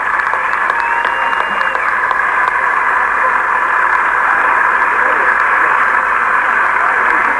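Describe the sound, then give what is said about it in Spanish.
A crowd applauds steadily for several seconds, a dense, even wash of clapping that holds at the same loudness from start to finish without fading. “Bueno, de nuevo, un aplauso para todos nosotros que estamos acá.”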